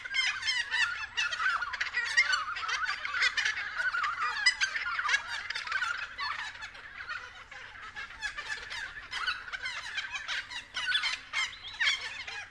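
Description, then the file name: Friarbird calls: a steady, raucous chorus of chattering, gobbling notes from several birds, dense and unbroken throughout. Several friarbirds recorded at 6:30 AM. "BIRD-FRIARBIRDS-N-301111-6 30 AM"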